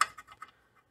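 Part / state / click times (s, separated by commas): component refitted on the alternator / seated / 0.0 s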